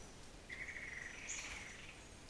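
Bird call: a thin, steady whistle lasting about a second and a half, joined by a brief higher note partway through, over constant background hiss.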